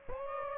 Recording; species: mosquito wingbeat signal from an infrared sensor; Aedes aegypti